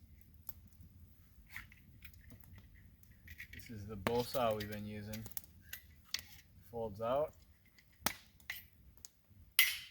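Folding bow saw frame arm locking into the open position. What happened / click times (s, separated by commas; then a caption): The folding frame snapped into its locked open position / 9.6 s. A 21-inch Boreal folding bow saw made by Ottawa is unfolded while someone talks, with scattered small clicks and rattles as the frame opens. At 9.6 s the frame arm snaps up into its locked open position with a loud, sharp crack.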